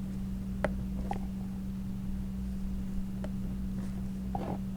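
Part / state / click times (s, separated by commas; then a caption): electrical connector into transmission socket / not seated / none. The electrical connector is handled at the transmission socket of a 2016 Mercedes GLC300 9G-TRONIC during a transmission fluid and filter service, being lined up with its tab before being pushed in. A few short plastic taps at about 0.7, 1.1 and 4.4 seconds stand out over a steady low hum. Nothing has seated or clicked yet.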